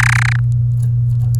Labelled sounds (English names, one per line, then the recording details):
Domestic Canary song
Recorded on 24 April 2018 at 06:01
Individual llb3